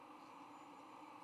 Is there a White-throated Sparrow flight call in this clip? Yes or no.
no